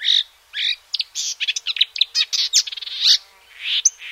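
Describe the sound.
Marsh warbler delivering a busy, mixed song of clear whistles, harsh buzzes and rapid chattering notes in quick succession.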